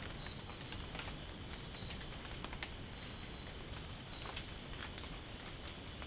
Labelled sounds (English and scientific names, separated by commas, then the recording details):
none
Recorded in dense forest near Puerto Asís, Putumayo, Colombia, on 27 June 2025 at 00:30
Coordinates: 0.503, -76.323
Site G059